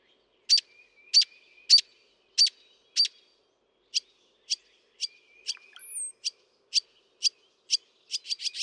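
Northern mockingbird singing a series of sharp, clicky high notes repeated roughly every half second, with a brief whistled slur midway and a quicker run at the end.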